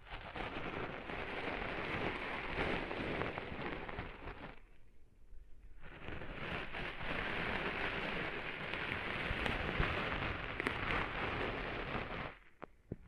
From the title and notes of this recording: ASMR Cleaning Sand Out of Your Ears (No Talking).